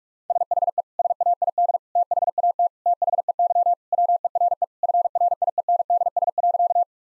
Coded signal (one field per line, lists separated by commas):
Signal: Morse code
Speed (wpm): 46 wpm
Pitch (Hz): 700 Hz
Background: none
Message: SHE SAID THAT THEY WERE FRIENDS.